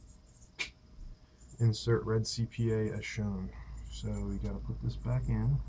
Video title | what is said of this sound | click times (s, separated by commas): Racetronix Fuel Pump Install - 99-02 F-body Fuel Sender - FPA-001A | make sure the connector locks into place | 0.6 s